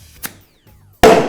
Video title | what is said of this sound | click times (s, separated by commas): How To Change Your Own Motorcycle Tires - The Shop Manual | place, they're going to make two very loud pops. | 1.0 s